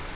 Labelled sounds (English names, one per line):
Grace's Warbler flight call